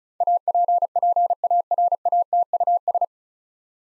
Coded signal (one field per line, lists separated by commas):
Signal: Morse code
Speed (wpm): 36 wpm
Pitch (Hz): 700 Hz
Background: none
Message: APPARATUS